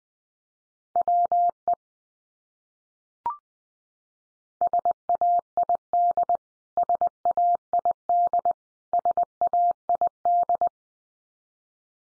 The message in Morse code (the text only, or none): WE SAID SAID SAID